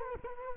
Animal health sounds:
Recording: mosquito wingbeat signal from an infrared sensor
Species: Culex quinquefasciatus

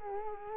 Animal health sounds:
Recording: mosquito wingbeat signal from an infrared sensor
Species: Culex quinquefasciatus

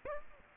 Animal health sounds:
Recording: mosquito wingbeat signal from an infrared sensor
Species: Aedes aegypti

